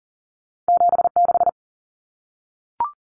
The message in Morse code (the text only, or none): 76